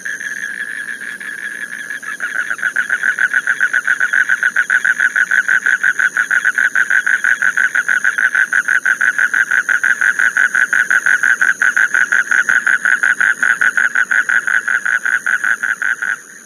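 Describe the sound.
Spectacled toad giving a long, steady, rapidly pulsed trill that grows louder over the first two seconds and runs on unbroken, with a constant high thin tone in the background.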